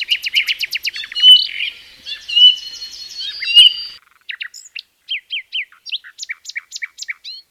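Bird chirping: quick repeated notes and short warbles, then after a brief pause a run of separate chirps.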